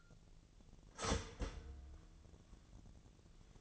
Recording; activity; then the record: daily activity, microphone in the room; start toaster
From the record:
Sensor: 4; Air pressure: 1001.0 hPa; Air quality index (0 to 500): 163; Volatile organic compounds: 2 ppm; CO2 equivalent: 1188 ppm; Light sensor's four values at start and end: 16/36/15/16 and 16/35/15/16